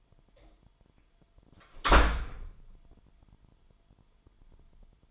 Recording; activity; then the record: daily activity, microphone in the room; close door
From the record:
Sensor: 5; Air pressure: 998.4 hPa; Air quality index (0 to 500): 83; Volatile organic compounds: 1 ppm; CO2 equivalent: 947 ppm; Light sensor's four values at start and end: 30/74/30/34 and 30/73/30/33